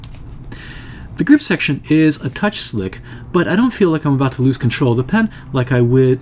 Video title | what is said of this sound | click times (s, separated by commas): Pocket Fountain Pens For Artists | it that has a snap cap that slides on and off with a very satisfying click and it also posts very securely | 0.0 s